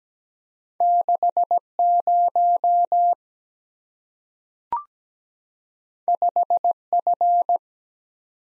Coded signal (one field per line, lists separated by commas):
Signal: Morse code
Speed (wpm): 17 wpm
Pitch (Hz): 700 Hz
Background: none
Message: 6 0 5 F